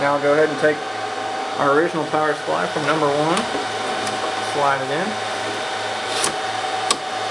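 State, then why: Seated. The original hot-swap power supply from slot one is slid back into bay one of a running DL380 G3 server chassis and pushed home over a steady server hum while someone talks. It snaps into place with a sharp click at 6.9 s and is seated.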